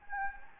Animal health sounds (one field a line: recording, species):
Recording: mosquito wingbeat signal from an infrared sensor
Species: Anopheles gambiae